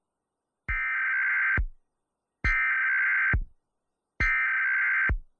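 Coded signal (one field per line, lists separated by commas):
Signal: Emergency Alert System (SAME) tones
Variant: header bursts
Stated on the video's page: National EAS test received on WXRY 99.3 FM and an iPhone 8.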